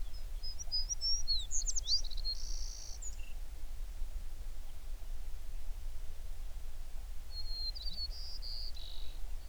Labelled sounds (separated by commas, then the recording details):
songbird
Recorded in the Prudhoe Bay oil fields, Alaska, on 11 June 2019 at 04:50
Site 21